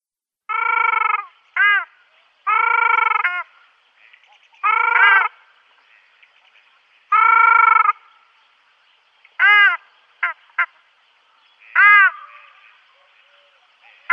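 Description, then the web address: Ruddy shelduck calling: drawn-out nasal honks and shorter, quicker yelps, coming every couple of seconds. "Schulze Peter Ruddy Shelduck"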